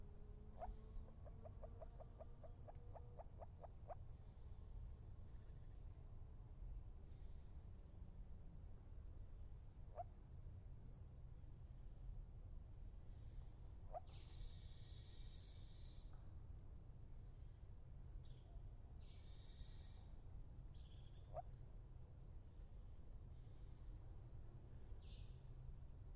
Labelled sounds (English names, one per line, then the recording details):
Moor Frog call
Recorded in the wild
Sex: male
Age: adult
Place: Goriner Forst, Barnim, Brandenburg, DE
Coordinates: 52.7019, 13.4931
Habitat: pond
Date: 2012-10-20 15:42
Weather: 20°C, sunny, almost windless
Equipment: Sound Devices 702, Sennheiser MKH 70, Rycote Windschutz
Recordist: Frommolt, Karl-Heinz
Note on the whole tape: An den Pütten: Rufe eines Moorfrosches. Tier nicht gesehen. Entfernung ca. 5 m. Wassertemperatur ca. 10 bis 15°C